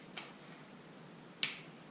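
A click-type torque wrench tightens the next triple clamp bolt on a Husqvarna TE 300i until it releases at its setting. A softer tick sounds at 0.2 s, then the wrench gives a sharp, bright click at 1.4 s, confirming the bolt has reached the set torque.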